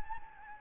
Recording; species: mosquito wingbeat signal from an infrared sensor; Anopheles gambiae